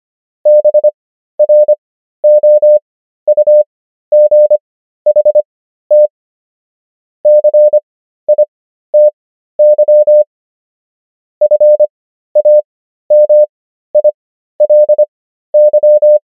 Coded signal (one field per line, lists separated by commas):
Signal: Morse code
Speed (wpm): 25 wpm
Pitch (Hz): 600 Hz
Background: none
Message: BROUGHT CITY FAMILY